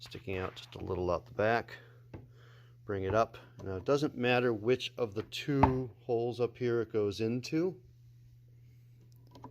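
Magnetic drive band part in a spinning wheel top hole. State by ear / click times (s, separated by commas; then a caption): seated / 9.4 s. Someone talks while a magnetic part is slid back into one of the two holes at the top of a Spinolution Monarch spinning wheel after its drive band has been changed. A short snap at 9.4 s shows the magnet has engaged and the part is seated.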